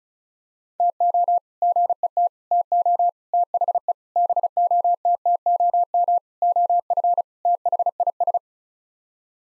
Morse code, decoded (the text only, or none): TO GET TO THE BOTTOM OF THIS